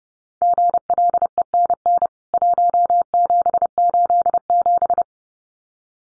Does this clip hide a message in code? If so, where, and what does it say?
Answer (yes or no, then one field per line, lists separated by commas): yes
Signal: Morse code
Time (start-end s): 0.4-5.0 s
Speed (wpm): 30 wpm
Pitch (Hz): 700 Hz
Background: none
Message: GLENN 1787